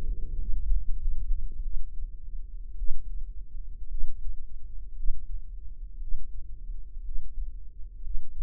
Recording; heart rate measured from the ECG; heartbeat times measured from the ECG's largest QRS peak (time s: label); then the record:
heart sounds by microphone in the right ear; 63 bpm
0.37 s: heartbeat
0.98 s: heartbeat
1.63 s: heartbeat
2.79 s: heartbeat
3.90 s: heartbeat
4.95 s: heartbeat
6.00 s: heartbeat
7.03 s: heartbeat
8.02 s: heartbeat
From the record:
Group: healthy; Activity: breath hold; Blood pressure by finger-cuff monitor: 96/54 mmHg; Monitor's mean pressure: 73 mmHg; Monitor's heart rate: 58 bpm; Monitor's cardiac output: 6.9 L/min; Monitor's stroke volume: 95 mL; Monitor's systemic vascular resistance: 770 dyn s/cm5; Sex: female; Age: 22 years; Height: 157 cm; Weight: 47.6 kg